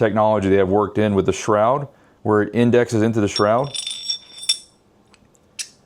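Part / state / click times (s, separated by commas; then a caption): revolver barrel into barrel shroud / seated / 4.5 s. A revolver barrel being assembled is fitted into its barrel shroud, where it indexes and locks so it can no longer pivot. Someone talks until about 3.7 s, then small metallic rattling sounds are heard. A sharp click at 4.5 s marks the barrel seating in the shroud, followed by a couple of faint ticks.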